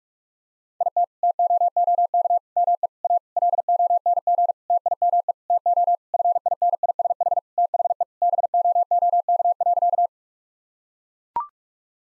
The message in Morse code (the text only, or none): IT TOOK ME A LONG TIME TO FINISH THE BOOK.